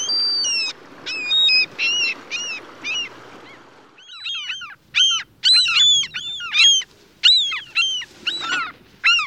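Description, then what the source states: Mew gull calls: short, high, harmonic mewing notes in rapid bursts, over a low rushing background that drops away midway. West Coast of the USA.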